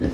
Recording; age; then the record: pig call; growing-finishing pig (85 days or more)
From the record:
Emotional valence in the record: negative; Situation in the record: barren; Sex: female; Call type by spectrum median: low-frequency call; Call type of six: low-frequency stable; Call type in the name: low-frequency stable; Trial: 4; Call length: 0.14 s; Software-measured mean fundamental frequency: 46 Hz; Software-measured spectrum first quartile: 154 Hz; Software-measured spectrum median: 271 Hz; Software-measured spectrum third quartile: 434 Hz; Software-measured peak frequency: 288 Hz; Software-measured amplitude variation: 130 dB a second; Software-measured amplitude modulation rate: 17.9 a second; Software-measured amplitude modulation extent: 7.3 dB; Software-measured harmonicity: -2.3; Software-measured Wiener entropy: -0.69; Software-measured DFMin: 1164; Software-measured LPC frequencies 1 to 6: 354, 1752, 2757, 4042, 4993, 6365 Hz